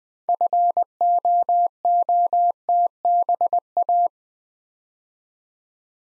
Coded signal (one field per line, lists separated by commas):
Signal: Morse code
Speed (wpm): 20 wpm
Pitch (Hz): 700 Hz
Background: none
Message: FOOTBA